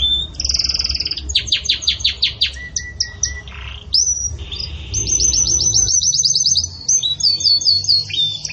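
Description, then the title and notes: Canary song: quick downward-sweeping notes, a flat whistled tone, then rapid repeated rising chips and bright trills, with brief pauses between phrases. Belgian canary singing pure "campainha" song, with pauses, for training. "Canto Canário Belga Campainha Puro Com Pausa Para Treinamento. CANARIO BELGA"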